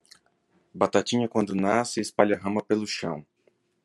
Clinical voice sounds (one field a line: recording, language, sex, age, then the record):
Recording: short text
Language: Brazilian Portuguese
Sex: male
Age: 30 to 39 years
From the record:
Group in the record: control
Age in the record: 38 years